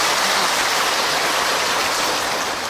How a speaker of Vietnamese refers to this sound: Sư rất là tán thán, rất là cảm động, và xin cho một tràng pháo tay cảm ơn đạo tràng.